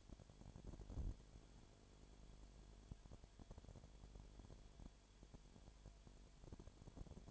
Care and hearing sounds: daily activity, microphone in the room; no activity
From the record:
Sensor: 5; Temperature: 19.9 degrees Celsius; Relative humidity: 37.1%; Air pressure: 1007.3 hPa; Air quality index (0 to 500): 84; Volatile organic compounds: 1 ppm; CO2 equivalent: 962 ppm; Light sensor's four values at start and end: 2/3/1/1 and 2/3/1/1

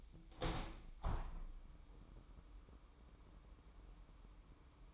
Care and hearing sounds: daily activity, microphone in the room; open window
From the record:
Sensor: 1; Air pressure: 998.7 hPa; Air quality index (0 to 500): 122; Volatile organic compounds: 3 ppm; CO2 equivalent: 1458 ppm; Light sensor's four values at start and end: 7/18/7/9 and 8/18/8/9

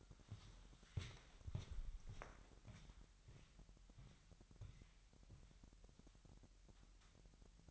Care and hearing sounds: daily activity, microphone in the room; walk to room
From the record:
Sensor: 3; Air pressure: 1002.0 hPa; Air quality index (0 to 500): 249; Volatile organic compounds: 51 ppm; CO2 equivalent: 3304 ppm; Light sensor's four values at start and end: 7/16/6/6 and 7/17/7/7

